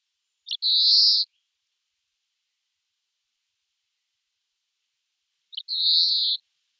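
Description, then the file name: European greenfinch giving two long, nasal, buzzy wheezes, each opened by a short click and separated by about four seconds of silence. "Chloris chloris"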